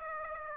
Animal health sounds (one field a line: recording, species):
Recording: mosquito wingbeat signal from an infrared sensor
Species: Aedes aegypti